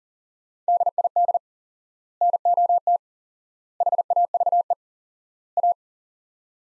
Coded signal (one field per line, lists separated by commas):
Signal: Morse code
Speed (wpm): 37 wpm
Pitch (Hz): 700 Hz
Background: none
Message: DID NOT HAVE A